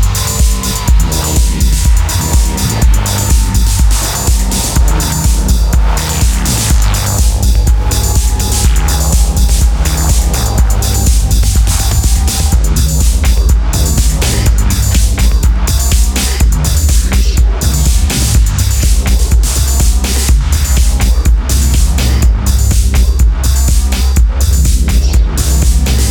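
Dense, steady noise in a garden, with a heavy low rumble, constant sharp crackles, and a faint whine fading out midway.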